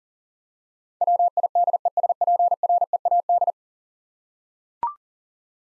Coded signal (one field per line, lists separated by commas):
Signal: Morse code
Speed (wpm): 40 wpm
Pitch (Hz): 700 Hz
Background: none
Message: WIDESPREAD